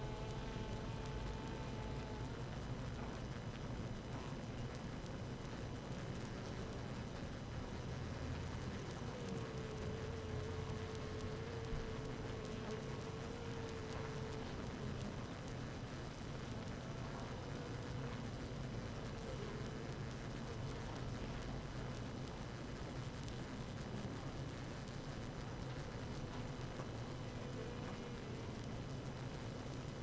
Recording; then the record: honeybee colony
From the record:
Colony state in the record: active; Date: 12 June 2018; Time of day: 6:13